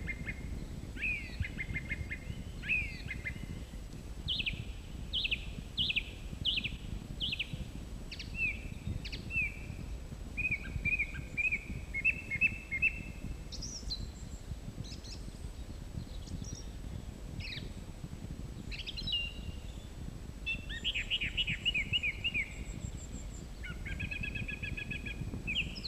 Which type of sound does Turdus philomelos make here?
song